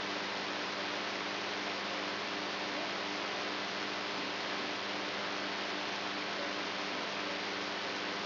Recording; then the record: brain microelectrode recording played as sound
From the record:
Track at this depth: inside the subthalamic nucleus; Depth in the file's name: 3.518 mm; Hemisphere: right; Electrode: 3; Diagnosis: Parkinson's disease